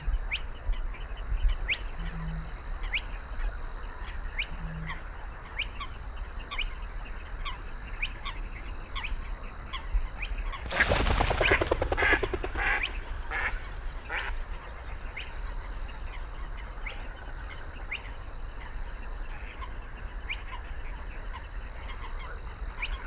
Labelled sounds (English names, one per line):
Spotted Crake